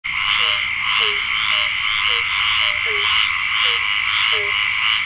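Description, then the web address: Frogs croaking, short downward-bending croaks repeated about twice a second over a steady high buzzing chorus. "Tam Tam Micro activity audio database frogs"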